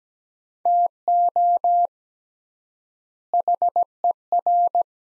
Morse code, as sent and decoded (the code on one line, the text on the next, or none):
- --- / .... . .-.
TO HER